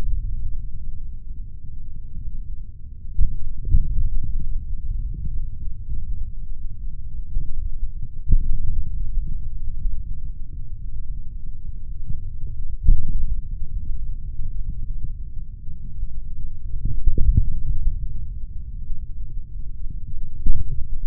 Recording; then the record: forearm muscle sounds (acoustic myography)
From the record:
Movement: index flexion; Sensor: system 3, bracelet of six PUI Audio POM-2738L microphones around the upper forearm, with dedicated amplification and filtering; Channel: 6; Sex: male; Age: 26 years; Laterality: right